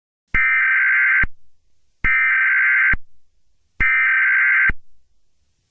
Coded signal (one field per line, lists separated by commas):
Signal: Emergency Alert System (SAME) tones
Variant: header bursts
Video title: EAS Scenario #2: Not A Natural Disaster